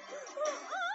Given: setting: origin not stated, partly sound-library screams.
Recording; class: one-second piece from a danger detection set; woman in danger